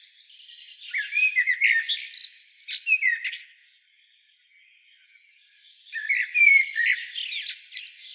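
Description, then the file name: Common blackbird giving a run of squawky, chattering notes, a pause of near quiet, then another lively burst of high twitters. "Turdus merula"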